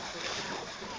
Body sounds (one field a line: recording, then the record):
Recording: coughing mixed with background sound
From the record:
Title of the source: Mid-morning Winter Coughing Fit